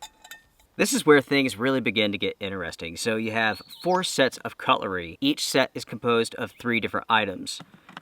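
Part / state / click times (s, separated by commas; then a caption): camp cutlery pieces locking into each other as a set / not seated / none. Camp cutlery pieces (spoon, fork and knife) from a Decathlon Quechua NonStick 4 Person 24 Piece Camp Cookset are handled while someone talks; there are a few faint clinks in the first second. Nothing has seated or clicked yet; the pieces have not locked together into a set.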